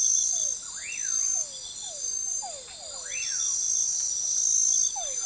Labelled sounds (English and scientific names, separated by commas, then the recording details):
Common Pauraque (Nyctidromus albicollis)
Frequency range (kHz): Common Pauraque (Nyctidromus albicollis) 0.7-3.0 kHz
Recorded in forest near Pivijay, Magdalena, Colombia, on 18 April 2023 at 22:00
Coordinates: 10.467, -74.380
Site Z5-G034